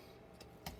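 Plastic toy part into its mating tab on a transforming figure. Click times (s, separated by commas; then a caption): 0.4 s, 0.7 s. Two plastic parts of a Transformers Earthrise WFC Optimus Prime figure are pushed together during transformation, the plastic part going into its mating tab. A small click at 0.4 s is followed by a sharper, louder click at 0.7 s, and the parts are seated together.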